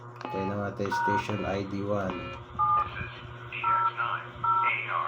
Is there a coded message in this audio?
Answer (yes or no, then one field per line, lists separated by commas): yes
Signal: DTMF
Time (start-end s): 0.3-4.7 s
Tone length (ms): 270 ms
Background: speech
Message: 7#700